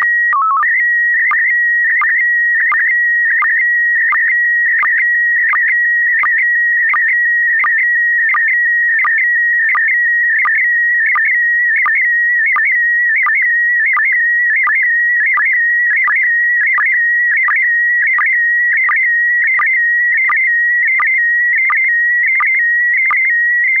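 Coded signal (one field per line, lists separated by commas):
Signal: SSTV (slow-scan television)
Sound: steady warbling whistle near 2 kHz with a regular low chirp under a second apart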